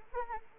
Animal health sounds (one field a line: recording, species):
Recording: mosquito wingbeat signal from an infrared sensor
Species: Anopheles arabiensis